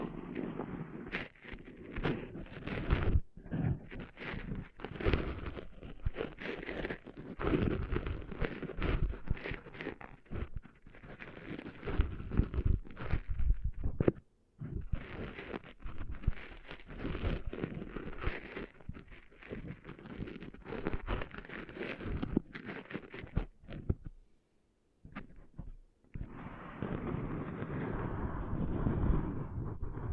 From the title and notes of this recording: ASMR Cleaning Sand Out of Your Ears (No Talking).